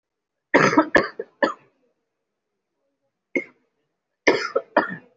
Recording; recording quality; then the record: heavy voluntary cough; excellent, no background noise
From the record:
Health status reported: COVID-19 positive, mild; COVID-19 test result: positive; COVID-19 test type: RT-PCR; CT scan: not taken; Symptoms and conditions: cough, cold, fever, hypertension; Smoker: no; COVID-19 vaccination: both doses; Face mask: worn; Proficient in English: yes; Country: India